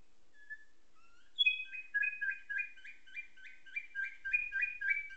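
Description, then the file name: Atlantic canary song starting with a lone soft note and a rising whistle, then a steady run of rich, rapidly repeated trilled notes lasting several seconds. Canary song tutored with nightingale song, a style called isian nightingale. "suara kenari isian nightingale"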